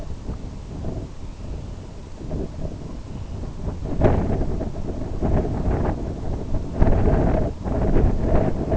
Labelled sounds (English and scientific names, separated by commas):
Dunlin (Calidris alpina)